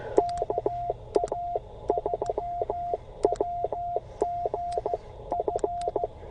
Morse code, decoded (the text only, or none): KA3WGF